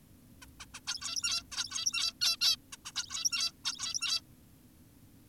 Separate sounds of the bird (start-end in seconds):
0.42-0.46, 0.60-0.66, 0.74-0.80, 0.87-1.43, 1.52-2.13, 2.22-2.37, 2.41-2.56, 2.73-2.77, 2.86-2.92, 2.96-3.52, 3.65-4.21